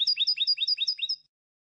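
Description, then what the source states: European goldfinch song: six evenly spaced, liquid double notes repeated about five per second, fading away; nothing else audible. Clean goldfinch song for song training by copying.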